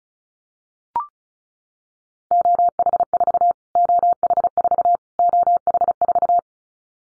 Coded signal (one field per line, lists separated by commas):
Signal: Morse code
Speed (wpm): 34 wpm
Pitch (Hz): 700 Hz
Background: none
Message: OH4 OH4 OH4